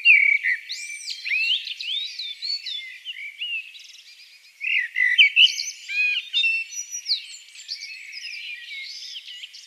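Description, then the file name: Common blackbird song: a steady run of fluty whistled phrases with squeaky twittering flourishes, pausing briefly near the middle before continuing. "Turdus merula"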